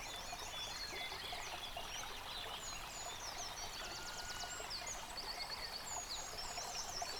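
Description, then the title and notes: Birds singing in a busy chorus, overlapping high whistles and rapid trills over a steady rushing stream. Bird chorus recorded beside a stream at Dlouhý Důl, Krásná Lípa, Czechia, on a Zoom H6. "Dlouhý Důl 14, 407 47 Krásná Lípa, Czechia - Ptáci a potok. Ptačí sněm snímaný u potoka.. nahráno na ZOOM H6"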